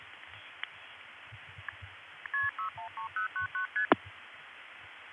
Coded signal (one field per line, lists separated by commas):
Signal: multi-frequency trunk signalling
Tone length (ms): 120 ms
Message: KP613099ST